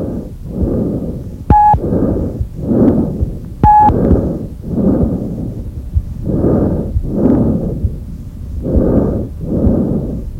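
Normal tracheal breath sounds heard by stethoscope over the extrathoracic portion of the trachea in an adult: very loud, very high-pitched breaths with a harsh, hollow quality, the expiratory phase slightly longer than the inspiratory phase, at about 28 breaths per minute.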